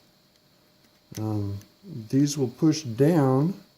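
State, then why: Not seated. Two gray plastic Lego click-joint pieces are handled before being pushed down onto the back of a brick-built cockpit section, where they are meant to snap in and lock the robot mode in place. Someone talks over a quiet background with a faint tick near 0.4 s. Nothing has seated or clicked yet.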